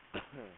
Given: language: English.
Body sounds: throat vibration sensor signal played as sound; cough

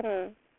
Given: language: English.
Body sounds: throat vibration sensor signal played as sound; speech

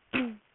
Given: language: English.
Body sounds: throat vibration sensor signal played as sound; throat clearing

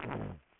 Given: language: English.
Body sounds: throat vibration sensor signal played as sound; throat clearing

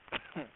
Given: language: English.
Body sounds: throat vibration sensor signal played as sound; cough

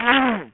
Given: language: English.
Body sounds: throat vibration sensor signal played as sound; throat clearing

